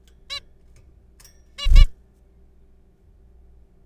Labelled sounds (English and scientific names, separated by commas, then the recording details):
Zebra Finch (Taeniopygia guttata)
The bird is a juvenile
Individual R3428